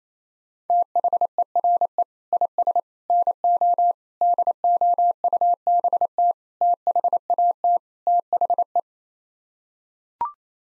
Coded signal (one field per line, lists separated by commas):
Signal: Morse code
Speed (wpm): 28 wpm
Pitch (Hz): 700 Hz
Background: none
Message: THERE IS NO DOUBT THAT THE